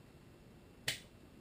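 A metal fork seal retaining clip on a 1989–1990 Honda CR500R motorcycle is spread slightly and pulled down into its groove in the fork tube. It snaps into place with one sharp snap at 0.9 s, seating the clip in the groove.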